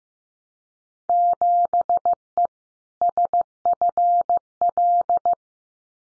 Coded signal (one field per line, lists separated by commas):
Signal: Morse code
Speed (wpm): 15 wpm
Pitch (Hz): 700 Hz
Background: none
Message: 7E SFL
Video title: Field Day Exchange Encore 15wpm